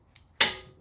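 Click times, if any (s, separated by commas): 0.4 s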